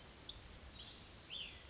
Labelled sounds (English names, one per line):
Cassin's Vireo